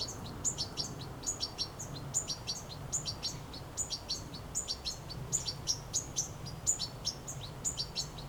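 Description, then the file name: European goldfinch calls: high, tinkling chirps in quick bursts of two or three notes, repeated steadily throughout over a faint low background hum. "Carduelis carduelis"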